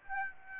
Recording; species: mosquito wingbeat signal from an infrared sensor; Aedes aegypti